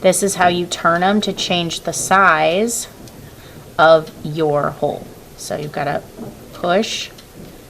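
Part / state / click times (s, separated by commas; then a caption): rotating punch head on a cardboard hole punch tool / not seated / none. A woman talks while handling the rotating punch head of a cardboard hole punch tool, which is pushed and turned to change the hole size and snaps into detent positions. A brief sound occurs at about 3.1 s amid the speech. The clip ends before the head goes home, and nothing has seated or clicked yet.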